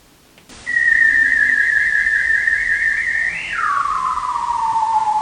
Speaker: right, that was a bearded seal trill.